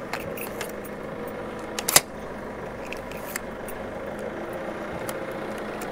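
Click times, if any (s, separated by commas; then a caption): 2.0 s. Keys jangle as a bicycle lock's shackle is pushed into the lock body on a bike parked during a cycling trip. Several metallic clicks follow, and the loudest, at 2.0 s, is the lock clicking shut. Faint traffic hum runs underneath, and the lock is confirmed locked.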